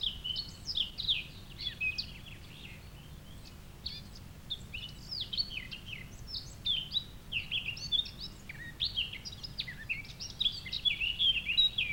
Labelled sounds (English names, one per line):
Eurasian Blackcap song